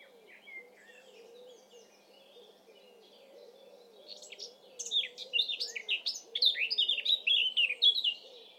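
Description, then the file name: Eurasian blackcap song starting quietly with sparse notes, then swelling into a loud, fast, chattering warble for the last few seconds, with faint low background sounds. "Sylvia atricapilla"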